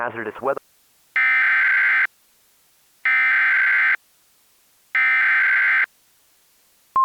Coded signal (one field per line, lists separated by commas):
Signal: Emergency Alert System (SAME) tones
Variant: header bursts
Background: speech